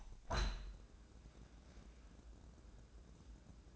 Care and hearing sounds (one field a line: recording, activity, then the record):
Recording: daily activity, microphone in the room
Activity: open window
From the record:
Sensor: 2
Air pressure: 1012.1 hPa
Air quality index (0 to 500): 88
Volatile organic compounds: 1 ppm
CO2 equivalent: 682 ppm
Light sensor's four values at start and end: 139/332/139/142 and 142/339/143/147